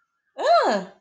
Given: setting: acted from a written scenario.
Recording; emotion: vocal sound without words; negative surprise